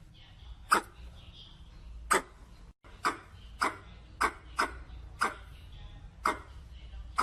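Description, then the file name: Red squirrel chucks, crisp clicking notes coming in an irregular string, with a steady low background hum. Red squirrel calling to the group. "Tieng soc do keu goi bay"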